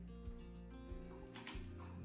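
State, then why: Torque reached. A torque wrench tightens the last triple tree clamp bolt on the fork of a 2016 Harley Davidson Dyna Lowrider. It clicks sharply at about 1.4 s and again at 1.5 s over steady background music, as the wrench reaches its set torque.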